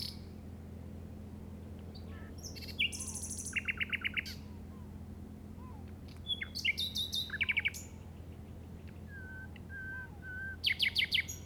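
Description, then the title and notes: Common nightingale song: scattered phrases of buzzy chirps and quick trills, a few soft whistled notes, separated by short silences over a faint low hum. Recorded in the Llobregat Delta at 06:00 on 8 May 2015 with a Zoom recorder. "Grabación de ruiseñor común (Luscinia megarhynchos) en el Delta del Llobregat a las 06:00 del 08/05/2015."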